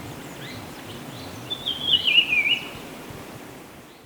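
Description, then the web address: Black-billed peppershrike, a brief high chattering phrase of quick notes lasting about a second, over steady low rushing background noise. Recorded in Ecuador. "Birds of Ecuador. Black-Billed Peppershrike"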